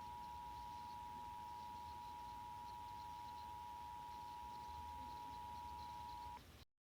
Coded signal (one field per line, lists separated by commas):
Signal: Emergency Alert System (SAME) tones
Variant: 853 and 960 Hz attention tone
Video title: West Texas Tornado Watch (EAS MOCK)